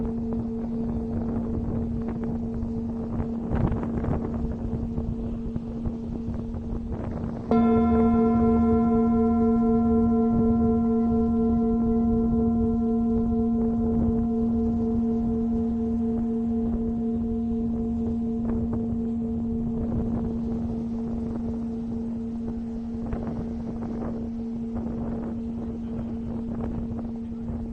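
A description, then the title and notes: A Tibetan singing bowl hums on a steady low tone with a fainter ring above it. At about seven seconds it is struck, and a bright layered ring swells out, then slowly fades over the next twenty seconds, while soft rubbing and rustling noises continue underneath. Tibetan Singiing Bowl.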